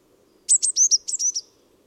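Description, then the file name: Eurasian blue tit calls: a quick series of several high, thin, sharply descending notes, with a faint low hum underneath. "Cyanistes caeruleus"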